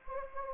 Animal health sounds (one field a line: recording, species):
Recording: mosquito wingbeat signal from an infrared sensor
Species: Anopheles gambiae